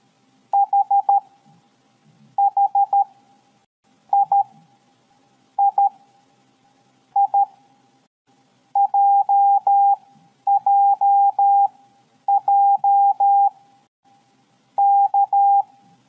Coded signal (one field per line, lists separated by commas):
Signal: Morse code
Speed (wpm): 13 wpm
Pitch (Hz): 800 Hz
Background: none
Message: HH III JJJ K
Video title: 50. KOMUNIKASI - MORSE CODE #navy #psstldm #atm #tldm #navyreservist